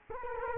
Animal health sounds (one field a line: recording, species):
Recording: mosquito wingbeat signal from an infrared sensor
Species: Culex quinquefasciatus